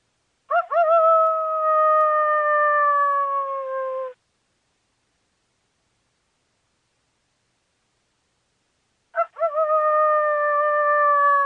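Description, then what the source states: Coyote howls: two long tonal notes, each opening with a brief wavering yelp, separated by about five seconds of silence; the first eases lower in pitch. Described as a mate call.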